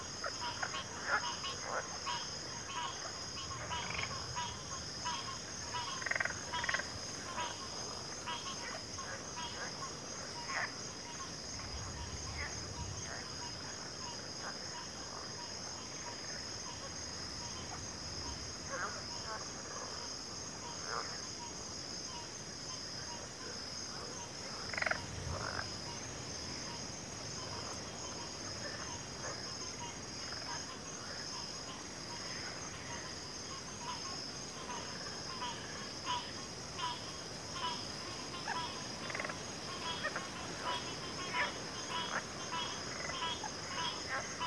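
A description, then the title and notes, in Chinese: A wetland chorus in a field: a steady high insect trill runs unbroken throughout, while frogs add dense, repeated short calls in the mid range. Occasional low rumbles, notably around 12 and 25 seconds, sit under the constant calling. 大自然的声音-田间湿地合唱团。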